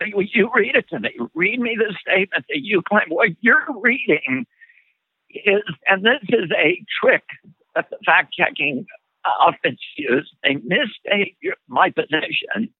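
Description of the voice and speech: Adult man speaking with a shaking voice from spasmodic dysphonia, a condition of the muscles in the throat.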